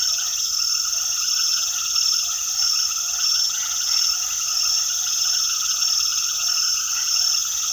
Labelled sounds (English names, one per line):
none